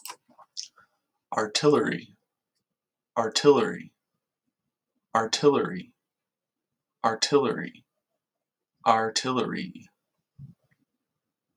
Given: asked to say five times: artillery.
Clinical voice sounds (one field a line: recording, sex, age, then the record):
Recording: repeated word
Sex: male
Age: 30 to 39 years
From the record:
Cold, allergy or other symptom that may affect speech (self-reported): no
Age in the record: 36 years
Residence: Hawaii, United States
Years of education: 13